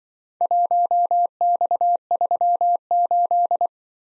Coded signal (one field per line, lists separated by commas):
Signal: Morse code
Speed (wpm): 24 wpm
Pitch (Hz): 700 Hz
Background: none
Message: 1X38